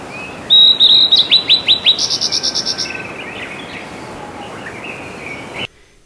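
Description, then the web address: Blue-and-white flycatcher song: a loud phrase of high whistles and downslurred notes, then a fast run of short notes, followed by fainter calls. Recorded on a live walk at Azamidani. "raivu sansaku azamidani sound bird ooruri"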